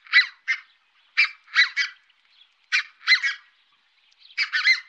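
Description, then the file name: Red-breasted goose calling in sharp, squeaky paired notes, repeated in quick doublets and triplets with short gaps between bursts. "Rodhalsad gas"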